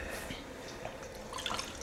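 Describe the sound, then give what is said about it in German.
Boiled water is poured in a thin, steady trickle, faint and hissy, with brighter gurgling drips rising toward the end as the vessel fills. “Abgekochtes Wasser.”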